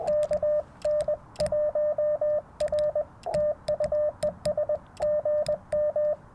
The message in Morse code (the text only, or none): KN1R TU ES GM